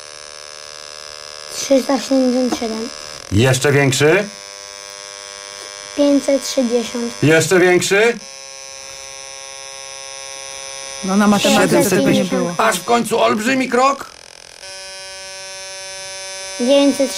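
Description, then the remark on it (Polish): A steady electronic buzzing tone from a measuring meter's sound attachment hums throughout and steps up in pitch as an assistant takes longer steps, showing that longer steps are more dangerous, while people speak in short bursts over it. “No właśnie, słuchajcie, czyli właśnie udowodniliśmy, zobaczyliśmy na tym naszym mierniku, a słuchacze usłyszeli tymi coraz wyższymi dźwiękami, że im większy krok, im dłuższy, tym bardziej niebezpieczny.”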